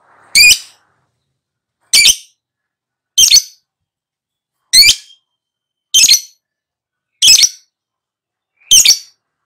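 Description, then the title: Lovebird giving seven loud, harsh screeching chirps separated by short pauses. Recording used as a lure (pancingan) to prompt a lovebird to respond and sing vigorously (gacor). "Pancingan Lovebird Agar Nyaut GACOR."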